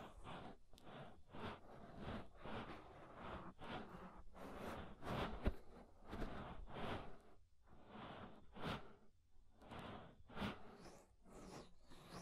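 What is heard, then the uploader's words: Scraping and rubbing sounds of ear cleaning, inner and outer, in repeated strokes about once or twice a second. Each stroke is a short rough burst reaching from low rumble up to bright scratchy hiss. A sharp click comes near five seconds, and a soft squeak appears around ten. Inner and Outer Ear Scraping (No Talking).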